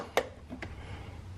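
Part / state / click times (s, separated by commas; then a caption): rubber wire boot into door panel opening / seated / 0.2 s. A rubber wiring boot that carries the power window wires into a car door is pushed back into its hole in the door and clicks into place with a sharp snap at 0.2 s. A second, quieter tick follows at 0.6 s over a low background hum. The boot is seated.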